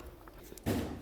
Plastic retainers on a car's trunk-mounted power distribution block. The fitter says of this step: push those little retainers down you heard them click